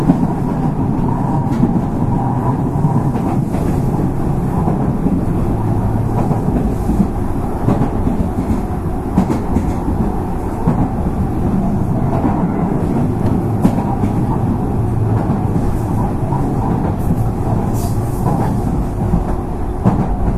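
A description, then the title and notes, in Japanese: Running sound of a 305 series electric train, recorded as it travels. A steady, dense low rumble fills the whole stretch at an even level, with a faint hum around the middle and brief brighter ticks and rattles scattered throughout, especially near seventeen seconds. JR九州の305系電車の走行音です。直通の普通列車にて収録しました。区間は、筑前前原から天神までです。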